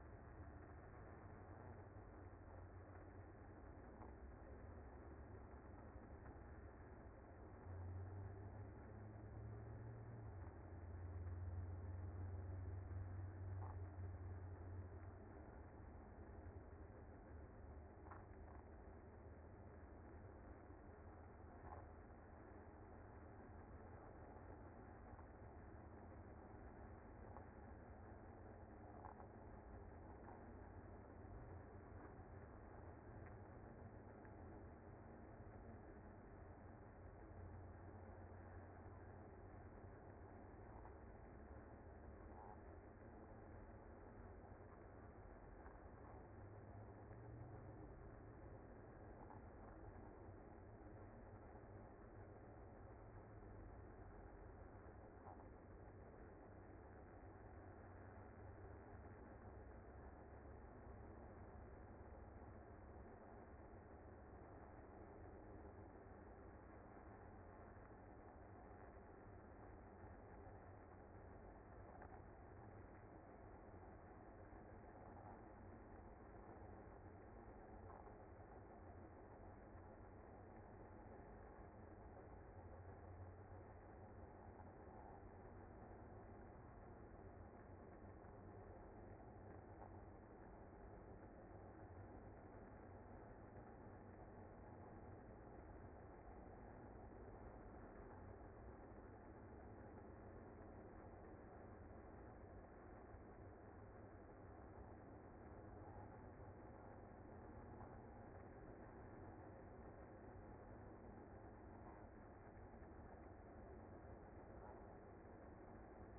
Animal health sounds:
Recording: honeybee colony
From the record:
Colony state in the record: active

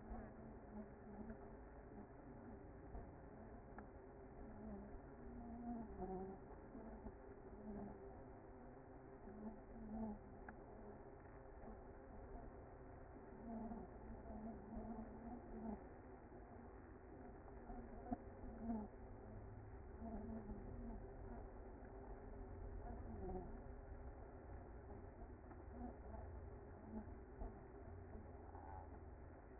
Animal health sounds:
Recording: honeybee colony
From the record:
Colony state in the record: active

